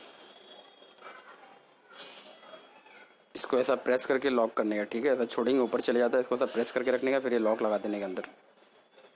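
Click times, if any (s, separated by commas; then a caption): none. Someone talks while a metal timing chain tensioner on a Volkswagen Jetta engine is pressed down and held so a lock pin can be inserted to lock it. Quiet handling noise is heard for the first few seconds, then talking continues to the end. The pin has not seated or clicked yet when the clip ends.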